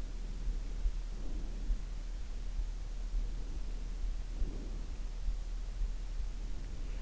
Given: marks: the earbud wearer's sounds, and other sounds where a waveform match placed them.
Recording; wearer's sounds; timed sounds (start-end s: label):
sounds in sleep by an in-ear microphone; breath
0.02-1.84 s: breath
2.94-5.06 s: breath